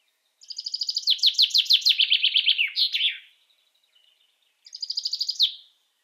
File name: common chaffinch song